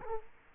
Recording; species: mosquito wingbeat signal from an infrared sensor; Culex quinquefasciatus